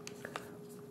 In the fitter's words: left gently and it should you should hear click noise and